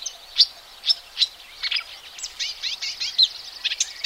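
Marsh warbler singing a fast, scratchy medley of high notes, buzzes and rapid chattering phrases with brief pure whistles mixed in.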